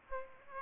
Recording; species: mosquito wingbeat signal from an infrared sensor; Aedes aegypti